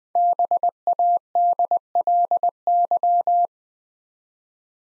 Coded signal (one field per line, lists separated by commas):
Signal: Morse code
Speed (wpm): 20 wpm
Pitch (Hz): 700 Hz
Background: none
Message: BADLY